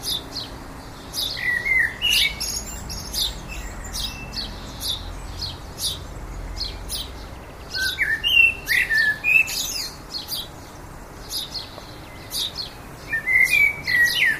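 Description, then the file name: Common blackbird singing three separate brief fluted phrases, each joined by squeaky high twitters, with pauses of several seconds between. "Turdus merula"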